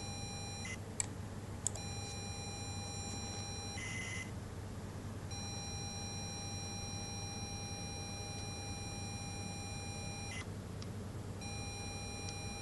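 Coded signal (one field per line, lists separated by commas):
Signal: ZX Spectrum tape loading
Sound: steady buzzy lead tone, two short warbling bursts, then lead tone resumes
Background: low hum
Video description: ZX Spectrum a carregar um QR Code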